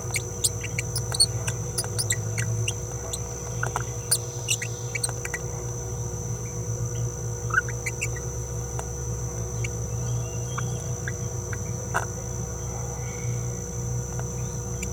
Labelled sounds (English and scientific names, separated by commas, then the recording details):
Green-rumped Parrotlet (Forpus passerinus) babbling
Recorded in a nest box in Venezuela
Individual 18B17A3